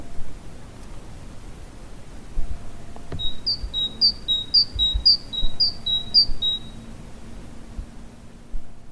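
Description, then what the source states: Great tit singing a series of six bright two-note phrases, evenly paced, over a faint low background rumble. Birds that sing in gardens.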